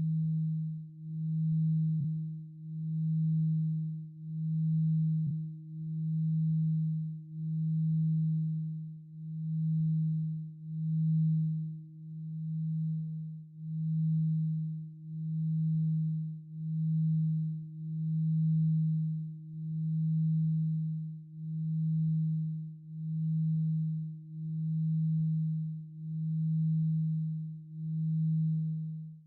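A Tibetan singing bowl hums a low, steady tone with a faint higher ring, its loudness swelling and fading in a slow, even pulse throughout.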